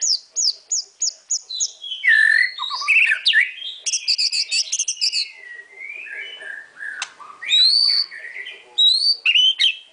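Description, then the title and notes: White-rumped shama song, starting with a quick series of repeated high notes, then loud varied whistles, buzzy trills and chattering phrases. Masteran (training) song. "Murai Batu Album 01. Masteran Murai Batu"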